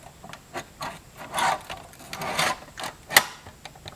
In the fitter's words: should lock into place then we'll use our supplied trim ring from the kit